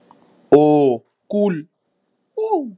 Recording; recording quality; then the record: sustained vowel as in boot; excellent, no background noise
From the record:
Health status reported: healthy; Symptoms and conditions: none ticked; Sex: male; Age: 21 years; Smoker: not ticked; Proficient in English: yes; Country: India